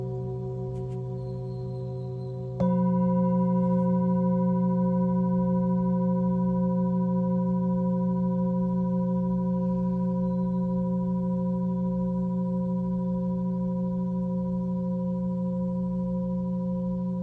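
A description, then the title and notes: A Tibetan singing bowl hums with a low, steady ring, already sounding at the start. Around two and a half seconds it is struck again, the tone swelling louder with a bright shimmer on top, then sustaining evenly and fading only slightly through the rest. Tibetan Singiing Bowl のサウンドヒーリングチャンネル LIVE.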